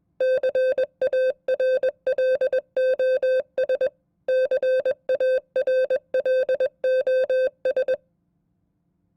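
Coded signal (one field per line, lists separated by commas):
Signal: Morse code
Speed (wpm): 21 wpm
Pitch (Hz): 520 Hz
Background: none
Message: CARLOS CARLOS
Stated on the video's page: Morse code test at 20 WPM, representative of an FCC examiner's code test.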